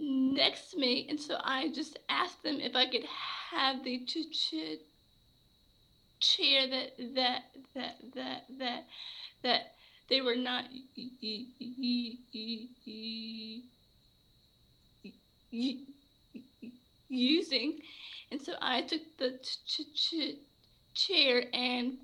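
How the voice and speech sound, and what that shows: Adult woman speaking with stuttering: a run of about six repeated 'the' sounds, part-sound repetitions on 'chair' ('ch- ch- chair'), and long silent blocks, one lasting several seconds.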